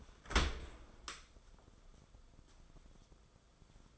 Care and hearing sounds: daily activity, microphone in the room; open dishwasher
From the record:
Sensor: 5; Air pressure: 994.5 hPa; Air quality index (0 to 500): 194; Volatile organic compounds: 1000 ppm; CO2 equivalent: 5732 ppm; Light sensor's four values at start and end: 51/154/61/67 and 52/156/61/68

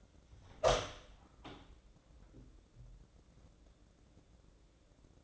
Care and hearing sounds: daily activity, microphone in the room; open door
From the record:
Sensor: 3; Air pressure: 1012.2 hPa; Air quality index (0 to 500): 182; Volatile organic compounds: 3 ppm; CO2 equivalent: 1384 ppm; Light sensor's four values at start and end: 533/1323/546/559 and 534/1326/547/560

